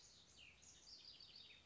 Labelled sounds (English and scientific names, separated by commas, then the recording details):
House Wren (Troglodytes aedon)
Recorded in Sonoma County, California